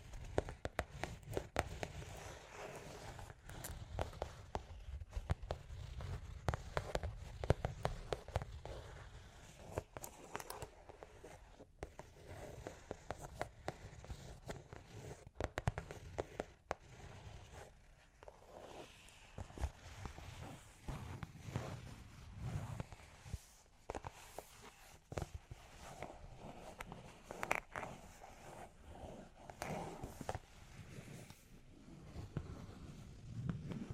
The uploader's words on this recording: Long Claws Tapping and Scratching (No Talking).